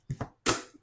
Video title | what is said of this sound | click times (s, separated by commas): BMW R1300GS แต่งปิ๊บ LOBOO 3 ใบ พร้อมออกทริป | ล็อคเรียบร้อยนะครับนี่สวยๆชุดนี้นะครับใบข้าง37ใบ | 0.1 s, 0.2 s